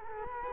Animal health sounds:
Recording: mosquito wingbeat signal from an infrared sensor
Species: Culex quinquefasciatus

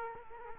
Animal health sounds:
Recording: mosquito wingbeat signal from an infrared sensor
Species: Culex quinquefasciatus

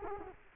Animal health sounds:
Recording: mosquito wingbeat signal from an infrared sensor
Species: Culex quinquefasciatus

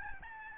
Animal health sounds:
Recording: mosquito wingbeat signal from an infrared sensor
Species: Aedes albopictus

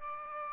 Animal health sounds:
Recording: mosquito wingbeat signal from an infrared sensor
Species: Aedes aegypti

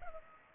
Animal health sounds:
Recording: mosquito wingbeat signal from an infrared sensor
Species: Culex pipiens

